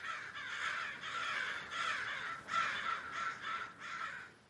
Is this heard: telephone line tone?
no